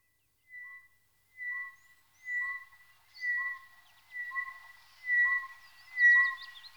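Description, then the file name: Tropical boubou: a clear whistled note alternating with a lower whistle, the pair repeated roughly every second, growing louder; faint chirps from other birds near the end. "gonolec ventre blanc"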